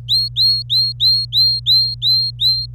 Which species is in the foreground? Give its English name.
Domestic Canary